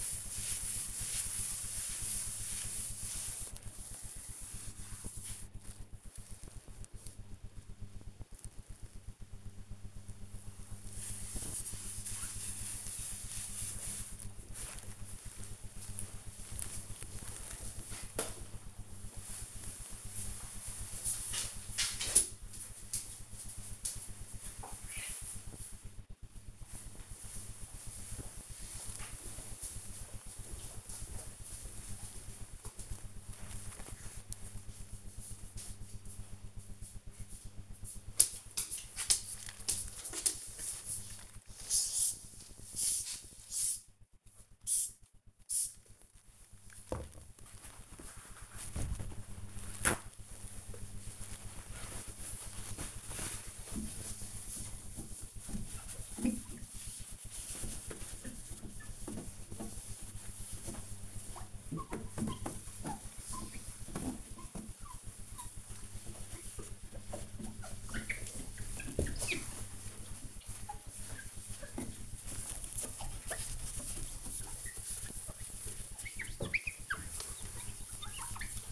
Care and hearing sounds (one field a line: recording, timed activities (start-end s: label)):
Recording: household activities, microphone on the right wrist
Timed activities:
0.00-14.14 s: cleaning table
37.29-78.72 s: window cleaning